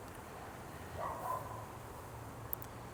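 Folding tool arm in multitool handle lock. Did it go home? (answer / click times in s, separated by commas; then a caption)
released / 2.5 s. Over steady background noise, the lock holding a folding tool arm in the handle of a Bibury BI2045AB multitool is worked, and a sharp metal click sounds at 2.5 s, followed by a fainter tick. The lock releases.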